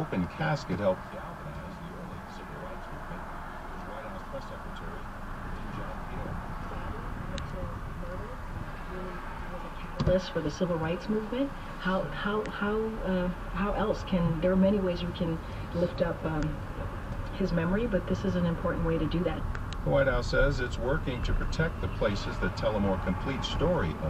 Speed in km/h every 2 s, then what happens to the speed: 0, 0, 0, 0, 0, 0, 0, 8, 10, 13, 16, 16.
0-12 standing. 12-24 pulls away to 16.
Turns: none.